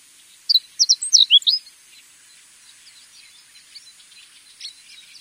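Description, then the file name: Japanese Reed Bunting: one quick phrase of several thin, high chirps, some sliding down, then faint scattered notes over a soft hiss. "kojurin"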